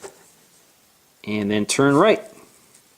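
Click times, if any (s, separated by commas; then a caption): 2.8 s. The round bottom cover plate of a 2011 Apple Mac mini desktop computer is positioned with its white dot at the unlocked mark and turned right until it locks. Someone talks, then a soft click is heard at 2.8 s as the cover locks into place.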